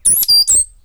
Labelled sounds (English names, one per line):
Stitchbird song